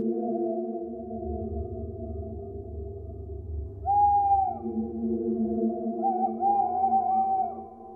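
An owl hoots in long, drawn-out tones over a low rumble, with two louder, slightly higher swells partway through. No one speaks.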